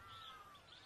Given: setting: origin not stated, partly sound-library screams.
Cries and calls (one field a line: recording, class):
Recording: one-second piece from a danger detection set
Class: normal situation